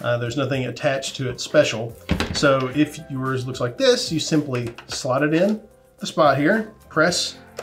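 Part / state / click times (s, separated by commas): I/O block into credit card payment terminal / not seated / none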